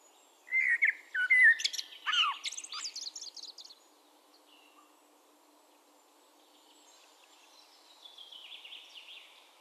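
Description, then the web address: Eurasian blackbird singing a brief fluty phrase followed by a dense string of high chirpy notes, with faint high sounds later. "SETE data Turdus merula"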